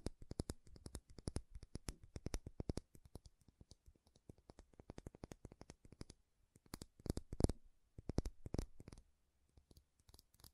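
Makeup being tapped and scratched, a rapid stream of sharp, crisp clicks and taps with short scratchy bursts. The taps come in dense clusters with brief pauses, thinning out around four seconds and again near nine, with a louder knock at about seven and a half seconds.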